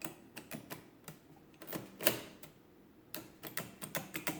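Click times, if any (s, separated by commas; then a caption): none. Keys are pressed on a Comptometer Model E mechanical key-driven adding machine, producing a series of sharp mechanical clacks, the loudest near 2.1 s, with a quick run of clacks toward the end. Its controlled key mechanism does not latch the keys down, and nothing has latched, though it was working before.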